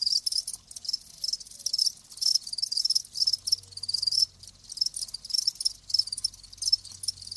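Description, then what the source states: Crickets chirping in dense, high-pitched pulsed bursts, with a brief lull around the middle. Live crickets chirping.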